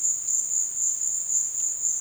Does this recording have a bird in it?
no